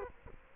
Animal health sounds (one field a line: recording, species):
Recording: mosquito wingbeat signal from an infrared sensor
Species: Culex quinquefasciatus